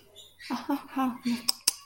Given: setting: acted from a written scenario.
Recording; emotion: vocal sound without words; sympathy